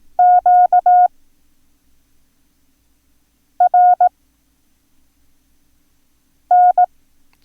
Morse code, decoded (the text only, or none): Q R N